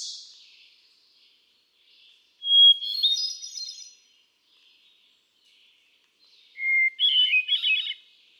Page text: Birdsong for the Curious Naturalist. Hermit thrush. A truly gifted and inspiring songster, example 1. Can you hear how he cycles through his repertoire of about ten different songs? June 13, 2006. Quabbin Park, Ware, Massachusetts